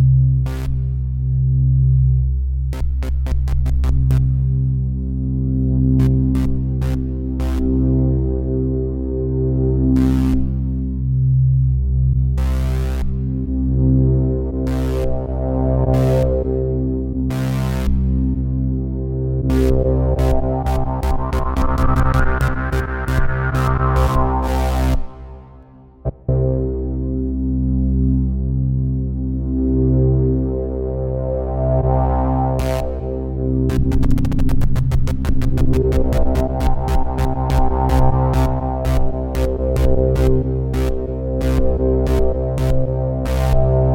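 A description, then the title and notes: A single sawtooth tone holds one low C throughout, its buzzy overtones slowly swelling and sweeping brighter, then falling back, most strongly around 20 and 35 seconds. Sharp clicks tick across it irregularly, and the sound briefly cuts out near 25 seconds. I used a single Saw waveform playing a C note. I made it evolve using the Mod-wheel mapped to filter frequency cutoff and the knobs and faders of my midi controller mapped to tweak filters and LFO in real time. Take one held tone and make it dance slowly.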